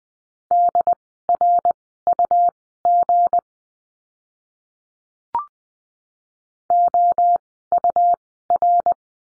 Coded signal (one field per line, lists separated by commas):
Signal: Morse code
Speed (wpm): 20 wpm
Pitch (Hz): 700 Hz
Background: none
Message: DRUG OUR